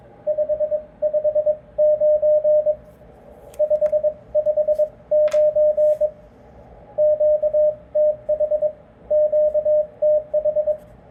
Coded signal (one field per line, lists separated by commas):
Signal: Morse code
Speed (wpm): 22 wpm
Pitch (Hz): 600 Hz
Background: radio noise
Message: 559 559 QTH QTH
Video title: Flex Radio 1500 on CW QSO.